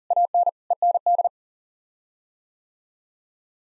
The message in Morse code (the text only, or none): AN END